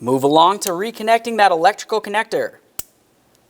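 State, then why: Seated. Someone talks as the plastic electrical connector of an oxygen sensor on a 2006-2011 Honda Civic's exhaust manifold catalytic converter assembly is pressed into its mating wiring harness plug. A single sharp click sounds at 2.8 s, and the connector is seated.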